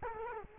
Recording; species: mosquito wingbeat signal from an infrared sensor; Culex quinquefasciatus